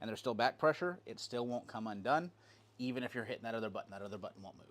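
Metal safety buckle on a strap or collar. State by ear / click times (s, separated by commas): not seated / none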